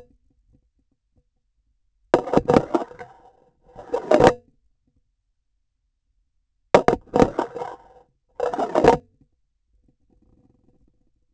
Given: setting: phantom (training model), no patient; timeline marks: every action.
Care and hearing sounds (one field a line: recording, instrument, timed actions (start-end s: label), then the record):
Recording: laparoscopic instrument, vibration sensor on the handle end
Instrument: grasping forceps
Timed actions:
2.08-3.11 s: insertion through the trocar
3.60-4.61 s: removal through the trocar
6.71-8.11 s: insertion through the trocar
8.26-9.20 s: removal through the trocar
From the record:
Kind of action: spatial motion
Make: Olympus